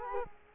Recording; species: mosquito wingbeat signal from an infrared sensor; Culex quinquefasciatus